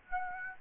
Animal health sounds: mosquito wingbeat signal from an infrared sensor; Aedes aegypti

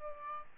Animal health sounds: mosquito wingbeat signal from an infrared sensor; Aedes albopictus

